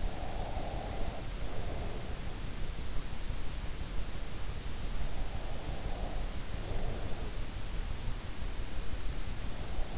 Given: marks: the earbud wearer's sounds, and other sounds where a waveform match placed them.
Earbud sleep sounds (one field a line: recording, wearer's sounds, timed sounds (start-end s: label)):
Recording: sounds in sleep by an in-ear microphone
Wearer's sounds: breath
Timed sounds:
0.00-2.25 s: breath